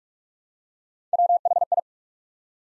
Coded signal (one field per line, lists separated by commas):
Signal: Morse code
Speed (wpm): 44 wpm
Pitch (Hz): 700 Hz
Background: none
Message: WHI